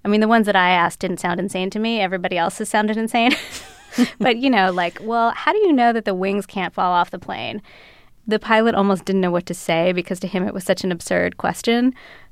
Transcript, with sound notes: I mean, the ones that I asked didn't sound insane to me. Everybody else's sounded insane. (LAUGHTER) But, you know, like, well, how do you know that the wings can't fall off the plane? The pilot almost didn't know what to say, because to him, it was such an absurd question.